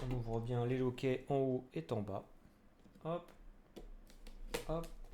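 Someone talks while handling a second RAM memory module at a motherboard DIMM slot, with the slot's top and bottom latches opened. A few faint, short handling taps follow near the end. Nothing has seated or clicked yet.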